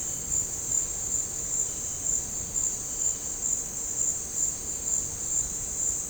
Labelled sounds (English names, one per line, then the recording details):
none
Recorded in dense forest near Puerto Asís, Putumayo, Colombia, on 13 March 2025 at 17:00
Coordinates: 0.467, -76.328
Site G041